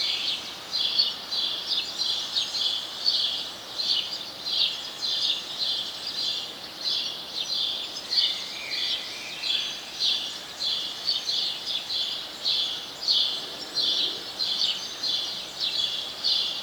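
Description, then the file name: House sparrow giving a long run of sharp chirps, roughly one and a half per second, with a brief lower rising note midway; continuous hiss underneath. "Passer domesticus"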